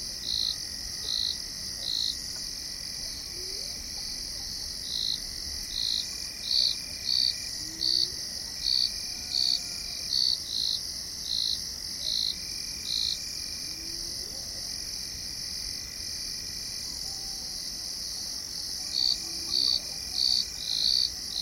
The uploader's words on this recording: Dawn In The Maasai Mara. It's 5am in Mara North Conservancy, just outside Masai Mara National Reserve in Kenya.